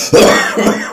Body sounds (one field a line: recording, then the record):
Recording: coughing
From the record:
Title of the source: Spring Cold Coughing 3